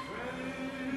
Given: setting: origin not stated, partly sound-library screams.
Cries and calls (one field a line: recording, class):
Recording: one-second piece from a danger detection set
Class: woman in danger